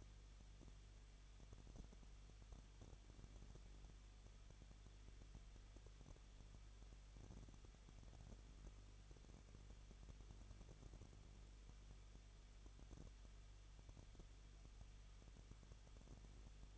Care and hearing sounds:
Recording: daily activity, microphone in the room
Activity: no activity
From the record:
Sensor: 4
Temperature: 23.0 degrees Celsius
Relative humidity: 34.3%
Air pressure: 1007.3 hPa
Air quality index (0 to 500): 213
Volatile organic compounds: 14 ppm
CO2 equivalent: 2454 ppm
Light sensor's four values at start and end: 2/3/1/1 and 2/3/1/1

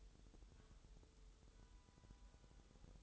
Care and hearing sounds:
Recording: daily activity, microphone in the room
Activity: take from stove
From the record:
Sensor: 3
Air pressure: 988.3 hPa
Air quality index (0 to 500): 190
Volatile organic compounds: 258 ppm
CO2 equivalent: 4381 ppm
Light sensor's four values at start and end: 24/75/31/27 and 24/75/31/27

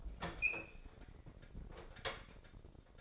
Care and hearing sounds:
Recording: daily activity, microphone in the room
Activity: open fridge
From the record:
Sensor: 5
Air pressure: 995.3 hPa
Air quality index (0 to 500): 91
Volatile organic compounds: 5 ppm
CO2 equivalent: 1719 ppm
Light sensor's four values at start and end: 35/85/34/35 and 38/92/37/38

